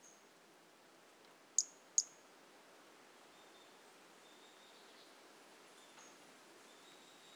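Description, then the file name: Pumpkin toadlet gives two brief, high, sharp chirps in quick succession, followed by quiet background hiss with faint notes. Individual 02, recorded 18 January 2018; specimen not collected. "Brachycephalus mirissimus 18 jan 2018 individual 02 ex 01 A E Confetti not collected"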